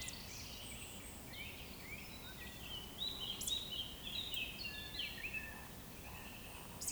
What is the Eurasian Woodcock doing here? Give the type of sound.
whistle, croak